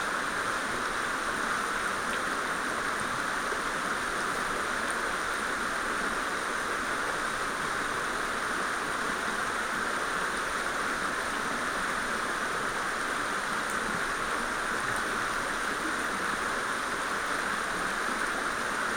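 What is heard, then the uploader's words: A mountain stream rushes steadily, a dense, unbroken hiss of water with a bright splashing edge over a softer low churn. The sound holds at an even level throughout, with no distinct events rising above the flow. Mountain stream.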